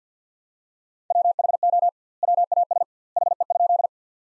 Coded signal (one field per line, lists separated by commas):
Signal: Morse code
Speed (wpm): 51 wpm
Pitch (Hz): 700 Hz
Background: none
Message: WHO WAS HE?